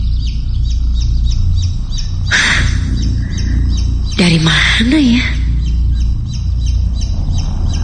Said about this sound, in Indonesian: Sampai terdengar suara anak ayam. Baru kali ini ku dengar suara anak ayam di kosanku ini.